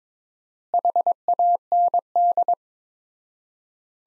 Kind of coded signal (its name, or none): Morse code